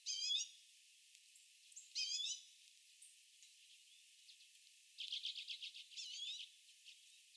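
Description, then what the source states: Common redpoll calls: two buzzy chatters early, then a quick run of dry, clipped notes followed by another wavering trill, with scattered soft ticks in between. Recorded on 19 February 2022.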